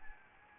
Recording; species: mosquito wingbeat signal from an infrared sensor; Anopheles arabiensis